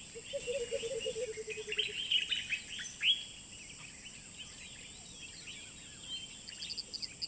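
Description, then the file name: Birds in a dawn chorus: several short chirps and slurred notes, a lower descending series of notes early on, over a steady high hiss. Dawn chorus recorded in savannah habitat in Sierra Leone. "Dawn Chorus in the Savannah Sierra Leone"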